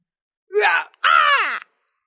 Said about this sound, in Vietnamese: Hai tiếng hét thảm vang lên, lại có thêm hai người trúng phải kiếm khí mà vĩnh viễn nằm xuống.